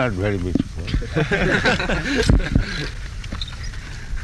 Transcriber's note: laughter